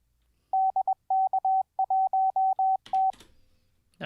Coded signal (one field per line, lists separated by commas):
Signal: Morse code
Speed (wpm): 21 wpm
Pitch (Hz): 760 Hz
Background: none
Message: DK1T